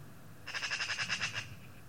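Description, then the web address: Eurasian magpie giving a quick, harsh machine-gun chatter of around ten grating notes, with low humming noise in the background. "cianscape birddata Deverinetal 2025"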